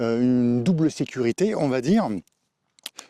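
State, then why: Seated. Someone talks for the first two seconds while handling a finds pouch, then closes the two press-stud belt attachments on its back. Two sharp snaps are heard at 2.9 s and 3.0 s, a small tick just before them, and both studs are fastened.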